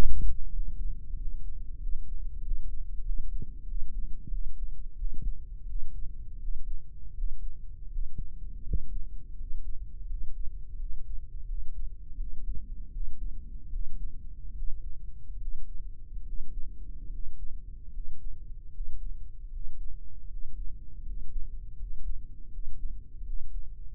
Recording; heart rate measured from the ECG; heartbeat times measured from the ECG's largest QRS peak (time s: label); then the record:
heart sounds by microphone in the right ear; 82 bpm
0.49 s: heartbeat
1.14 s: heartbeat
1.77 s: heartbeat
2.40 s: heartbeat
3.02 s: heartbeat
3.64 s: heartbeat
4.28 s: heartbeat
4.94 s: heartbeat
5.64 s: heartbeat
6.37 s: heartbeat
7.12 s: heartbeat
7.87 s: heartbeat
8.61 s: heartbeat
9.34 s: heartbeat
10.05 s: heartbeat
10.74 s: heartbeat
11.44 s: heartbeat
12.15 s: heartbeat
12.89 s: heartbeat
13.68 s: heartbeat
14.51 s: heartbeat
15.36 s: heartbeat
16.21 s: heartbeat
17.07 s: heartbeat
17.88 s: heartbeat
18.69 s: heartbeat
19.48 s: heartbeat
20.25 s: heartbeat
21.00 s: heartbeat
21.74 s: heartbeat
22.47 s: heartbeat
23.21 s: heartbeat
From the record:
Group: healthy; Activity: rest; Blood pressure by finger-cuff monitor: 88/60 mmHg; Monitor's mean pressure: 68 mmHg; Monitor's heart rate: 82 bpm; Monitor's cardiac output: 6.6 L/min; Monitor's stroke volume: 84 mL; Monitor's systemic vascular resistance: 710 dyn s/cm5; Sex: male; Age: 23 years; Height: 178 cm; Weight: 96.6 kg